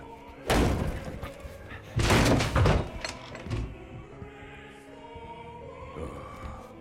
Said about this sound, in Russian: Профессор пошел открывать двери, а мама прощается с сыном.